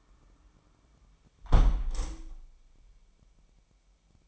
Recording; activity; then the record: daily activity, microphone in the room; close window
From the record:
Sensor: 1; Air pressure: 998.6 hPa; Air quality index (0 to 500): 123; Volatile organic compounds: 3 ppm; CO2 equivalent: 1472 ppm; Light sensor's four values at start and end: 8/19/8/9 and 7/18/7/9